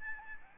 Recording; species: mosquito wingbeat signal from an infrared sensor; Aedes albopictus